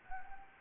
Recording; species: mosquito wingbeat signal from an infrared sensor; Anopheles gambiae